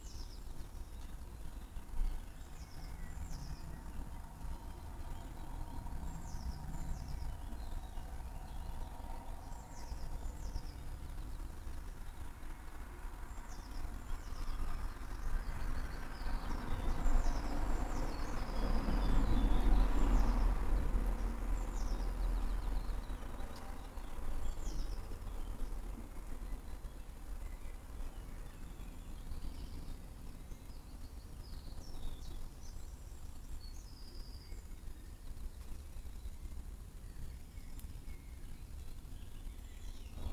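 Various birds chirp and call across the garden in the early morning, with a low vehicle rumble swelling and fading around the middle.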